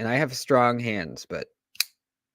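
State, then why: Seated. Someone talks, then a stiff backlock folding knife is flicked open with the thumb. The backlock bar engages the blade tang with a sharp click at 1.8 s, and the lock is seated.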